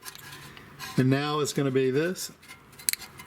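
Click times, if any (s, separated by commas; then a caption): 2.9 s. A snap-in piece on a new electric parking brake actuator motor for a Mercedes GLE is slid back in and pushed onto the brake caliper while someone talks. It snaps into place with two sharp clicks at 2.9 s and 2.9 s, and the piece is seated.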